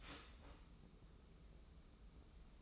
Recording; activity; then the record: daily activity, microphone in the room; start toaster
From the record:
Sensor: 1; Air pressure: 994.4 hPa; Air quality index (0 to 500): 224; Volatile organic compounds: 1000 ppm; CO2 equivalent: 8028 ppm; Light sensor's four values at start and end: 131/302/134/146 and 131/302/134/146